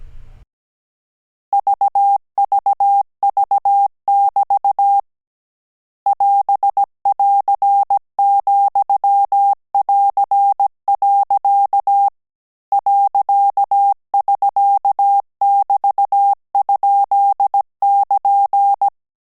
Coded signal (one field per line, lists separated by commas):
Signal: Morse code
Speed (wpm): 17 wpm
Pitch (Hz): 800 Hz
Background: none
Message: VVV<BT> <AS><AR>,<AR>. .<SK><BT>?<KN>